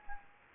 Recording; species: mosquito wingbeat signal from an infrared sensor; Anopheles gambiae